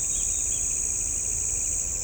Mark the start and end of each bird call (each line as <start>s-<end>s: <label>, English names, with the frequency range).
0.00s-2.04s: Straight-billed Woodcreeper (2.2-3.0 kHz)